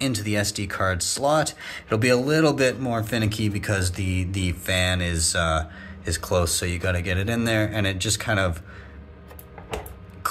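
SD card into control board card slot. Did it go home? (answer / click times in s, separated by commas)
yes / 10.3 s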